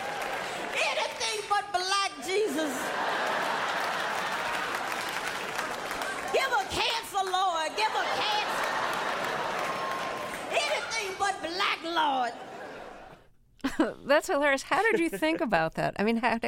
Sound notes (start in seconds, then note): 2.6 laughter; 7.7 laughter